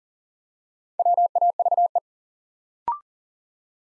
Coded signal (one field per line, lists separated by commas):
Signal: Morse code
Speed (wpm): 42 wpm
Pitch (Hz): 700 Hz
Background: none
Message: WAVE